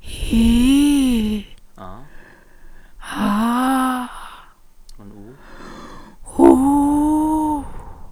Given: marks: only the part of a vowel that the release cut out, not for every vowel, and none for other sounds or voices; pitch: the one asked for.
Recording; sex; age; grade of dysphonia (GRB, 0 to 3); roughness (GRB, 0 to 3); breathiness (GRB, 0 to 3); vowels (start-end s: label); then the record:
sustained vowels; female; 50 to 59 years; 2; 0; 2
0.36-1.34 s: vowel /i/, low-high-low pitch
3.19-4.02 s: vowel /a/, low-high-low pitch
6.60-7.53 s: vowel /u/, low-high-low pitch
From the record:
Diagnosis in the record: recurrent laryngeal nerve paralysis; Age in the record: 54 years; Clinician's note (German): Strumiprive, beidseitig, alte rechts, hier excavierte Stimmlippe, links keine Restbeweglichkeit, Stridor